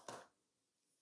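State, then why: Partly seated. A power cable connector is pushed, the right way round, into a GPU/board socket and goes in stiffly, giving one short broadband burst at about 0.1 s that fades by 0.3 s into quiet. Nothing has clicked or seated yet, so the connector is to be reseated because it is stiff.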